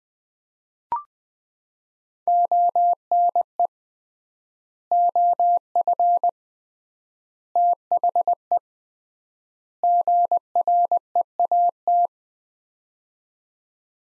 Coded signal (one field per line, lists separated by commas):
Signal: Morse code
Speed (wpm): 20 wpm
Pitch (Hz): 700 Hz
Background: none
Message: ONE OF THE GREAT